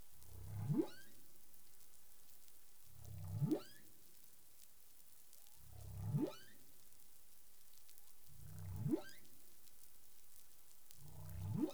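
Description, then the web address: Humpback whale producing repeated upsweeping calls, a deep rumble climbing into a rising whistle-like tone, five in a row at even intervals of a little under three seconds. Recorded 20 April 2021 at 03:32 UTC. "CARIMAM. humpback whale 20210420 033242 UTC"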